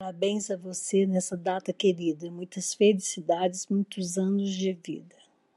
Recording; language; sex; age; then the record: short text; Brazilian Portuguese; female; 60 to 69 years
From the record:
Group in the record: control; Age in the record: 64 years